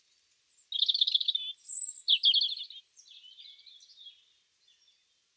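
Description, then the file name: European robin song: varied phrases of trilled, warbling notes mixed with high thin whistles, delivered in a flowing run over several seconds. "Erithacus rubecula"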